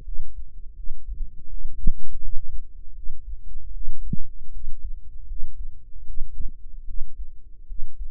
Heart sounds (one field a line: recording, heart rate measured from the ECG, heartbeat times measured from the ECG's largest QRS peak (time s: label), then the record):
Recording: heart sounds by microphone in the right ear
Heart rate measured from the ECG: 79 bpm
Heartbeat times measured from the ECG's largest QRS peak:
0.03 s: heartbeat
0.74 s: heartbeat
1.48 s: heartbeat
2.20 s: heartbeat
2.93 s: heartbeat
3.72 s: heartbeat
4.51 s: heartbeat
5.26 s: heartbeat
6.04 s: heartbeat
6.85 s: heartbeat
7.66 s: heartbeat
From the record:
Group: healthy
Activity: rest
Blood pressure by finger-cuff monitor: 95/60 mmHg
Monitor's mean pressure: 73 mmHg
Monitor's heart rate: 81 bpm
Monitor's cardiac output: 7.2 L/min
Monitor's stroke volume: 89 mL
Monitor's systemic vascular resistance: 730 dyn s/cm5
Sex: female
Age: 19 years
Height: 163 cm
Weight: 48.9 kg